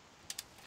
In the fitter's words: tighten up until you hear the click which is the torque wrench saying it's reached the right setting